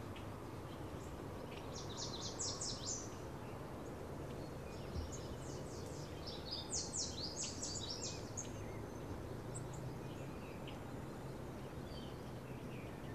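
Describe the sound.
Birds chirping: clusters of quick high chirps in short bursts every few seconds, over a constant low rumbling background noise.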